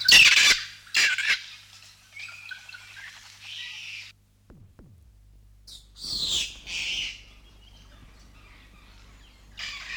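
South Island kaka calls: harsh grating squawks at the start and after a pause, with scratchy chatter between and a low hum.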